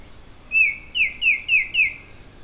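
Oriole giving five clear, high downslurred whistles in quick succession.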